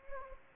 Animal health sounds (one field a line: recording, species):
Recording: mosquito wingbeat signal from an infrared sensor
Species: Anopheles gambiae